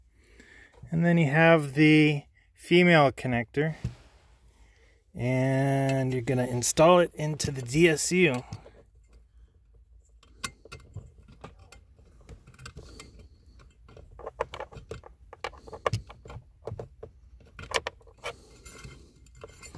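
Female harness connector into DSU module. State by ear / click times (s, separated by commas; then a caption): not seated / none. Someone talks, then a female harness connector is handled in preparation for installing it into the plastic socket of a DSU module. Short, sharp handling ticks and taps follow in the second half of the clip. Nothing has seated or clicked yet.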